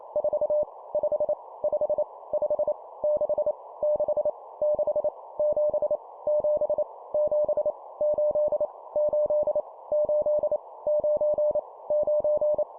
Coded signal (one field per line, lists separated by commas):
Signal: Morse code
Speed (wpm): 28 wpm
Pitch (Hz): 600 Hz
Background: none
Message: 4 5 5 5 6 6 6 7 7 7 8 8 8 9 9